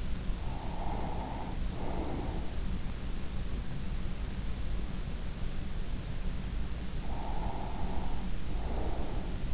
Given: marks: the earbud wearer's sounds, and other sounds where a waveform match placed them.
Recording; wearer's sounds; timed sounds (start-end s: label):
sounds in sleep by an in-ear microphone; breath
0.43-2.56 s: breath
7.06-9.54 s: breath